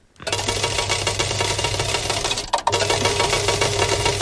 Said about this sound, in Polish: Dzisiaj upalny dzień dla wielu, klimatyzatory. To jest prawdziwa ulga. My też w tym studiu oddychamy sobie swobodnie, bo pracuje tutaj taki jeden klimatyzator.